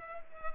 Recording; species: mosquito wingbeat signal from an infrared sensor; Culex quinquefasciatus